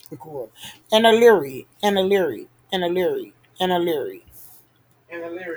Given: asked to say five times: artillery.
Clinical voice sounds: repeated word; female; 50 to 59 years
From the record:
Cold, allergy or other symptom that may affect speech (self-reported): no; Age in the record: 55 years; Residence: California, United States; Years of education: 18

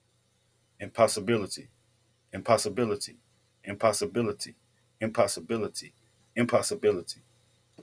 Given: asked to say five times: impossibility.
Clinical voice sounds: repeated word; male; 40 to 49 years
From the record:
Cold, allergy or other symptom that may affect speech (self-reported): no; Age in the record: 40 years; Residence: Texas, United States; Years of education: 12

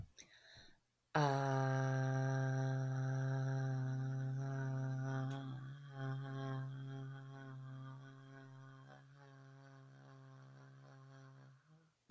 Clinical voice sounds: vowel held as long as possible; female; 40 to 49 years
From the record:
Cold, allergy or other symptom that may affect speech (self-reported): no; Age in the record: 49 years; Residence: Michigan, United States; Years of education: 15

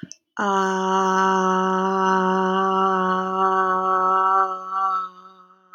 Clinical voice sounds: vowel held as long as possible; female; 30 to 39 years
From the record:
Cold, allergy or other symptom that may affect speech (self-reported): no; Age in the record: 34 years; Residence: Utah, United States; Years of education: 16

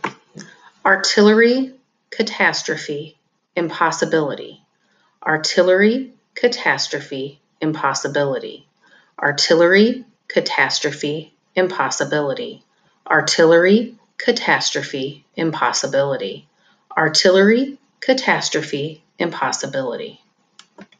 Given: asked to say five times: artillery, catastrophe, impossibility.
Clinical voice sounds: three words, each repeated; female; 40 to 49 years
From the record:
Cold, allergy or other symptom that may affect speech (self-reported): no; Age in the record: 43 years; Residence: Illinois, United States

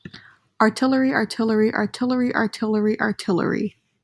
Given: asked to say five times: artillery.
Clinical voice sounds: repeated word; female; 20 to 29 years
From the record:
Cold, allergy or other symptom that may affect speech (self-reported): no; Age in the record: 21 years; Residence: Illinois, United States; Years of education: 15

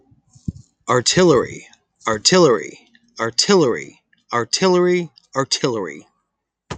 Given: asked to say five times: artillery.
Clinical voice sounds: repeated word; male; 30 to 39 years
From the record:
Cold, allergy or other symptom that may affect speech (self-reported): no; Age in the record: 34 years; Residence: Florida, United States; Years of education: 13

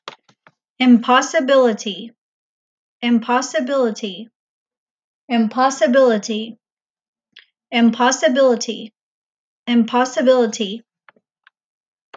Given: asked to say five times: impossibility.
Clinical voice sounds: repeated word; female; 40 to 49 years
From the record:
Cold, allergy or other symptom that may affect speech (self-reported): no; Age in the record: 41 years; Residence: Texas, United States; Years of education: 14

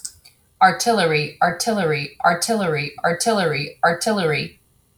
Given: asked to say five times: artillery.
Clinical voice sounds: repeated word; female; 30 to 39 years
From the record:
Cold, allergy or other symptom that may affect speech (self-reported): no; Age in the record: 32 years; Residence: Washington, United States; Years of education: 16

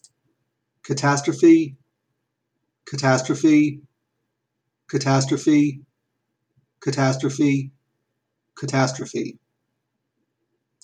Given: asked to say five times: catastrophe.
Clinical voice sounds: repeated word; male; 30 to 39 years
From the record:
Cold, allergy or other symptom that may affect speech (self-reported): no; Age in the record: 34 years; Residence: Virginia, United States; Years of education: 16

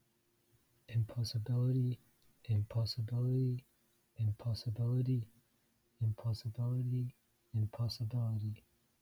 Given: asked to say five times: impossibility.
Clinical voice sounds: repeated word; male; 18 to 19 years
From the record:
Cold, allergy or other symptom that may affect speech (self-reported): no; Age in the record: 19 years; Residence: Florida, United States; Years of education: 13

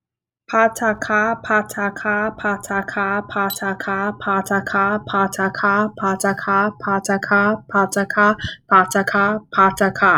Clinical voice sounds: repeated syllables /pa ta ka/; female; 30 to 39 years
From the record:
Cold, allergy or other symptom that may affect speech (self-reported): no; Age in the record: 30 years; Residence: Florida, United States

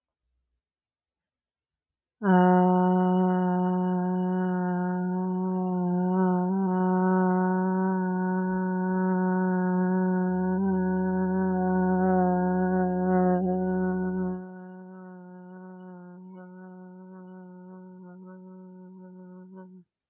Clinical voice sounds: vowel held as long as possible; female; 30 to 39 years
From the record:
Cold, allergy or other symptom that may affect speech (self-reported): no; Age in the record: 35 years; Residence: United States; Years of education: 18

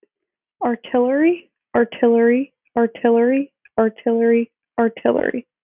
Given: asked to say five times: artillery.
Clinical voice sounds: repeated word; female; 20 to 29 years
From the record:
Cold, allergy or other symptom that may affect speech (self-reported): no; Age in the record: 24 years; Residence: Massachusetts, United States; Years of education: 16

